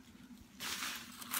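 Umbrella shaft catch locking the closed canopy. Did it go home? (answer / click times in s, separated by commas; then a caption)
no / none. A Crown Coast heavy-duty lightweight umbrella is pushed closed a second time, working the shaft catch that locks the closed canopy. A quiet start gives way to loud broadband rustling and sliding from about 0.6 s, with two short sharp sounds near 1.2 s and 1.3 s. The clip ends before the catch goes home; nothing has seated or clicked yet.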